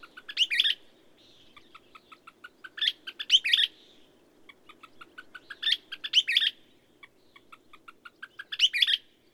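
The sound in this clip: Bird song: bursts of high, sharp chirps and quick trills repeat about every three seconds, with soft ticking notes between them over a faint low hum.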